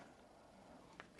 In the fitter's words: press it down and it should click in. There you go, it's clicked in.